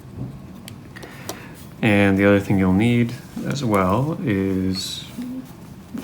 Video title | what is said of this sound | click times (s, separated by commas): How to setup Pi-Hole on an Orange Pi Zero | on the back here and plug that in and it should make a nice little click sound | 0.7 s